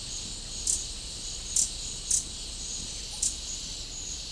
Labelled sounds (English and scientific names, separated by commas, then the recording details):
none
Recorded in pastures near Puerto Asís, Putumayo, Colombia, on 18 December 2024 at 11:00
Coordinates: 0.496, -76.326
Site G004